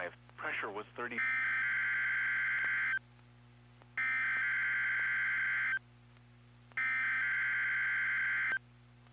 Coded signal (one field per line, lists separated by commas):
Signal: Emergency Alert System (SAME) tones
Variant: header bursts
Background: speech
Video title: NOAA Weather Radio Audio: Test Tornado Warning as a Required Weekly Test